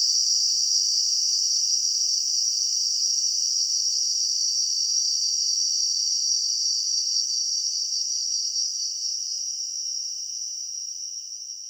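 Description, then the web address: Cicadas producing a constant high buzzing hum that stays steady, then gradually fades in the last few seconds. Cicadas in a garden. "WSPDatabase Analysis DVD Garden Cicadas"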